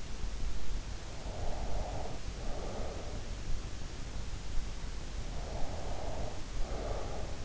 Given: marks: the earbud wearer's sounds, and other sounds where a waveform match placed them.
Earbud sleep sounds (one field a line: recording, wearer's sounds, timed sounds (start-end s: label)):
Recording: sounds in sleep by an in-ear microphone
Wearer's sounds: breath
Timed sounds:
1.24-3.48 s: breath
5.47-7.45 s: breath